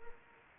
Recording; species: mosquito wingbeat signal from an infrared sensor; Anopheles arabiensis